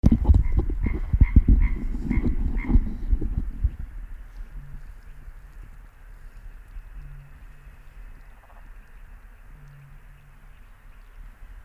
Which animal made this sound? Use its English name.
Common Tree Frog